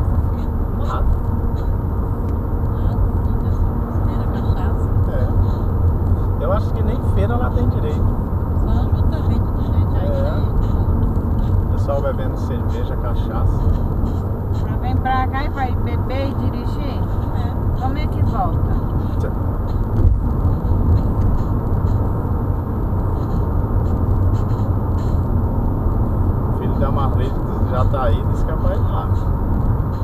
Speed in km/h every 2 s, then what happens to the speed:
88, 91, 92, 93, 93, 95, 95, 96, 96, 97, 99, 101, 102, 103, 105.
0-30 speeds up to 105.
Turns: none.